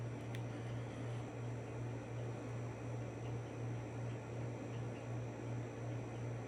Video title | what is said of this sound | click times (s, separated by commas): RC maintenance | reinsert it just turn it until it clicks in | 0.3 s